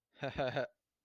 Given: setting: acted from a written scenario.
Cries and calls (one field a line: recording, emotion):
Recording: vocal sound without words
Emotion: pride